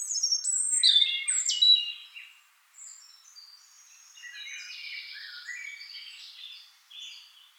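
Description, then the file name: European robin song, bright descending whistles opening loudly, then a longer run of quieter, high, tinkling warbled notes. "Erithacus rubecula"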